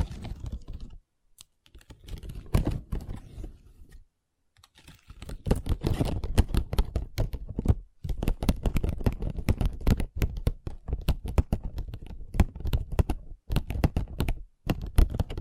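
Long nails tap and scratch on a table in quick, irregular bursts of sharp clicks. The tapping is dense from about 5 seconds onward, with short silent gaps near 1, 4, 8 and 13.5 seconds. No voice is heard.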